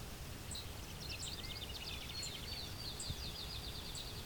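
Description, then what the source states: Clay-colored Sparrow singing faint buzzy trills in quick succession, with regular high ticking notes and low background rumble. One bird singing about 20 feet in front of the recordist, late June morning, hydro corridor near Westover, Ontario, open thicket of field and shrubs; low-pitched song hard to hear even up close.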